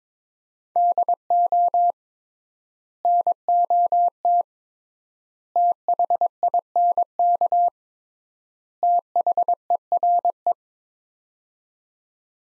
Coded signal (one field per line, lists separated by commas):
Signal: Morse code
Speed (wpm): 22 wpm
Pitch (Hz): 700 Hz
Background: none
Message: DO NOT THINK THERE